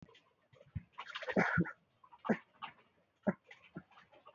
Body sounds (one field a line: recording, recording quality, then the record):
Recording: heavy voluntary cough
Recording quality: excellent, no background noise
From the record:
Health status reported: healthy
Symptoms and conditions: none ticked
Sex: male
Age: 29 years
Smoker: not ticked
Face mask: worn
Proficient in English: yes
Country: India